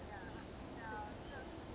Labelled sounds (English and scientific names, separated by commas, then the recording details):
Blue-gray Gnatcatcher (Polioptila caerulea)
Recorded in Sonoma County, California